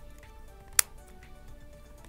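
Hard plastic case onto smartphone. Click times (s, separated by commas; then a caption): 0.8 s. A hard plastic case is pressed onto a Samsung Vibrant smartphone, and a single sharp snap at 0.8 s marks the case seating onto the phone. Faint low background tones continue quietly before and after the snap.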